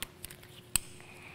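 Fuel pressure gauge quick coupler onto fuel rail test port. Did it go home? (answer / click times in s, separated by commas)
yes / 0.8 s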